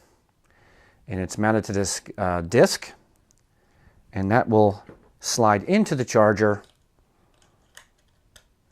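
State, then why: Seated. Someone talks as a US plug adapter on its plastic mounting disc is slid into a Parrot AR Drone 2.0 battery charger and twisted, with faint handling sounds after the talk ends. A sharp click at 8.4 s marks the adapter locking into the charger, seated.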